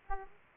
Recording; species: mosquito wingbeat signal from an infrared sensor; Aedes aegypti